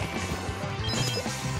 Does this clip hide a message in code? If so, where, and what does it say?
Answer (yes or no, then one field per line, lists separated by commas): no